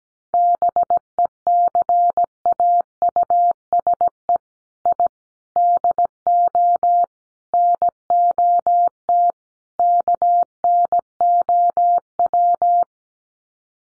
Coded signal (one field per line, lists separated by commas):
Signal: Morse code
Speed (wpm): 17 wpm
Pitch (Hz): 700 Hz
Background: none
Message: BECAUSE I DO NOT KNOW